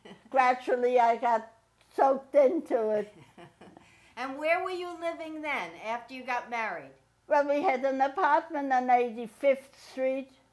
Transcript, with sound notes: Gradually I got sucked into it. (laughs)
And where were you living then, after you got married?
Well, we had an apartment on 85th street.